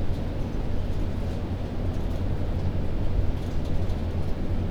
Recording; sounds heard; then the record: poultry house recording; no chicken sound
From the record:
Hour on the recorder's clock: 0